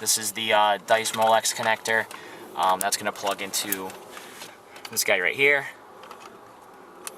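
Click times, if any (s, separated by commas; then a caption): 7.1 s. Someone talks while installing an iPod adapter in a 2002–2006 Audi A4, plugging the adapter cable's Dice Molex connector into its mating port on the adapter unit behind the radio. After the talking stops, a short, sharp click at 7.1 s shows the connector has seated.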